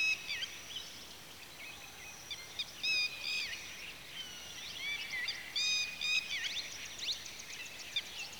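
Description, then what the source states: Birds giving clusters of high, sharp chirps, overlapping with softer twittering in the background. Birds at a watering hole in the afternoon.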